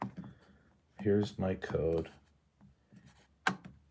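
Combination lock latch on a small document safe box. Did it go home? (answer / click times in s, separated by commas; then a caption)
released / 3.5 s. Someone talks about the code, then turns the combination lock on a small, hideable, fire-resistant Honeywell document safe box after entering the code. A short, sharp click from the lock latch sounds at 3.5 s, and the safe unlocks.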